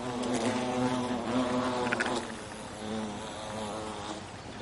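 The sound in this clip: European hornet wing hum, a low wavering drone, strongest in the first half and fading slightly toward the end.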